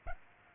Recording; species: mosquito wingbeat signal from an infrared sensor; Aedes aegypti